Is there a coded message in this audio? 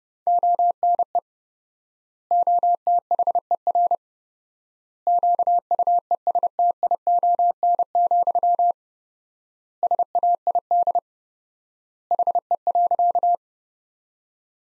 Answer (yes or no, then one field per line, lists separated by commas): yes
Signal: Morse code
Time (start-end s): 0.3-13.3 s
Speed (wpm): 30 wpm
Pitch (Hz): 700 Hz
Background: none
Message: ONE OTHER QUESTION, SAID HE.